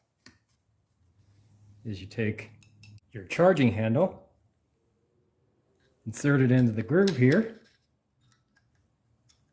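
A charging handle is fitted into its groove in the upper receiver of a Smith & Wesson M&P 15 Sport 2 AR-15 rifle, inserted only partway and not yet pushed home. Someone talks over quiet handling, with a small tap at 0.3 s and a few faint ticks near the end around 8.3–9.3 s. Nothing has seated or clicked yet.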